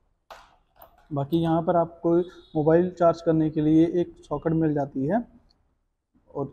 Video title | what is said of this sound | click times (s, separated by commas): 🤩👌👌पहली नजर में पसंद आएगा ! 🛵 5 साल / 70000Kms की Warranty के साथ ! E-vishwa Swinger ! | ये इस तरह से लॉक हो जाता है बाकी | 0.3 s